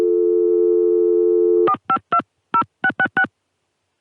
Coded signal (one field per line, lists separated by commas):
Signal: DTMF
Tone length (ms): 80 ms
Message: 4520666